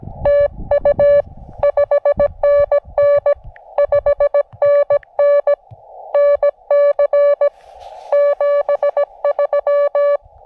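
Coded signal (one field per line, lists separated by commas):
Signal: Morse code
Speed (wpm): 20 wpm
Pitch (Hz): 590 Hz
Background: none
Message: TU 5NN 5NN NC 73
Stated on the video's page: Morse code SOTA activations from two North Carolina summits along the Blue Ridge Parkway.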